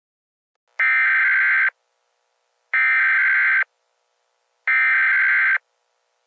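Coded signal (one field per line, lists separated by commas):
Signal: Emergency Alert System (SAME) tones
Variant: header bursts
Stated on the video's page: Fictional scenario.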